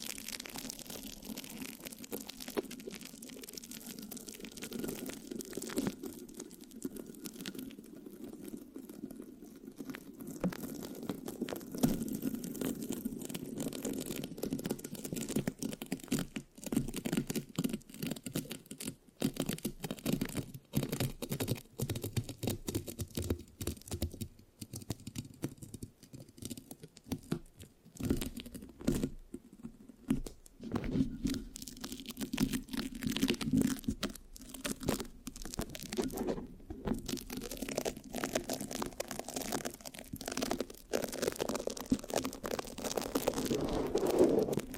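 Steady scratching across a microphone runs for the whole clip, with a tacky, sticky crackle of tearing and crunching sounds. Rapid irregular pops and clicks sit over a dull low rumble, growing a bit louder and busier toward the end.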